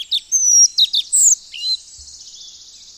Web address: Madardalok. Örvös légykapó